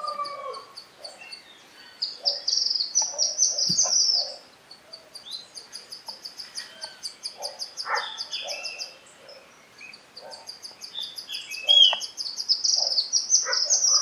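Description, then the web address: White-throated Kingbird twittering: rapid series of high, thin chips in bursts of several seconds, with lower scattered notes beneath. "White throated kingbird. صدای-پرنده-شاهمرغ-گلوسفید"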